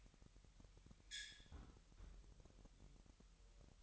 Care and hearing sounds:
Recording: daily activity, microphone in the room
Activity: close fridge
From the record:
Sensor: 3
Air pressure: 1001.9 hPa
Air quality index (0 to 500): 246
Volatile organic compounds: 50 ppm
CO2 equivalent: 3297 ppm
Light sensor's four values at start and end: 12/36/15/13 and 12/36/15/13

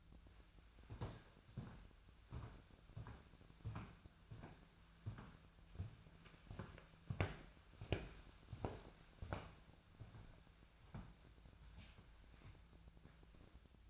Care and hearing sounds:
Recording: daily activity, microphone in the room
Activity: walk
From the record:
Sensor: 2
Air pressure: 1008.2 hPa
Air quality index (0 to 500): 180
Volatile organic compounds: 10 ppm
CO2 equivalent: 2216 ppm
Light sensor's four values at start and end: 13/32/13/14 and 13/32/14/14

